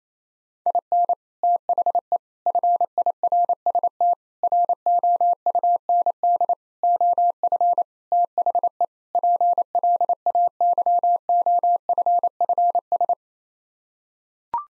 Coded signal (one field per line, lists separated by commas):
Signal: Morse code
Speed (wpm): 28 wpm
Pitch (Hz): 700 Hz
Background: none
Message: IN THE FIRST ROUND OF THE PLAYOFFS